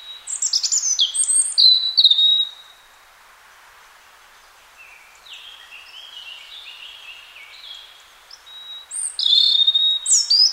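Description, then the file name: European robin song in three phrases: a bright, high warbled opening, a softer, lower run of slurred notes, then a loud, shrill burst of high whistles. "Erithacus rubecula"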